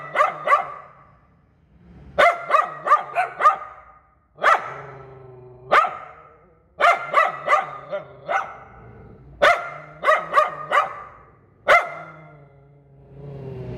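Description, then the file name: Poodle giving bursts of sharp barks, several short runs and single barks separated by brief quiet gaps. "Tieng cho poodle sua"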